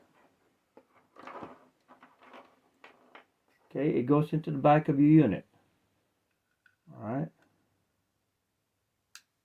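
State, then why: Seated. Someone talks, with faint handling noises, while a single cable connector is pushed into the socket on the back of an aftermarket car infotainment head unit being installed in a RAV4 Prime. The connector latches with a sharp click at 9.2 s and is seated in place.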